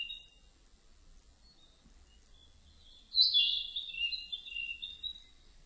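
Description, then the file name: Narcissus flycatcher song: a single bright, slurred whistled phrase sliding downward after three seconds of quiet, with faint high notes before it and a soft background hiss. Recorded on 30 April 2005. "050430 kibitaki"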